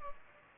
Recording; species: mosquito wingbeat signal from an infrared sensor; Culex pipiens